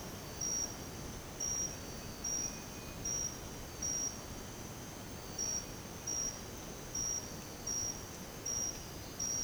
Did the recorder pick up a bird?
no